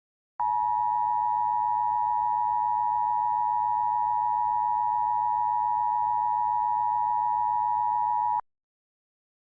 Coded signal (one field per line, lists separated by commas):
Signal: Emergency Alert System (SAME) tones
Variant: 853 and 960 Hz attention tone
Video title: EAS Scenario: "America Under Attack: Reduxed"